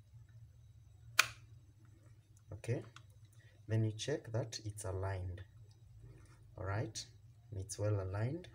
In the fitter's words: that so that you can feel the snap